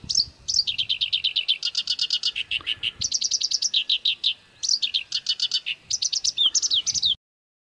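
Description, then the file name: Black-browed reed warbler song: fast scratchy and chattering phrases, each note repeated in rapid bursts, switching between rattling trills and higher whistled notes. Masteran song used for training songbirds. "suara kerakbasi alis hitam masteran"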